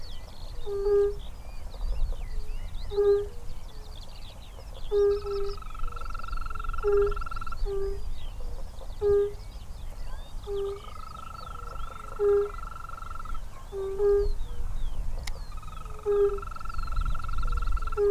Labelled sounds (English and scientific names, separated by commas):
Fire-Bellied Toad (Bombina bombina) call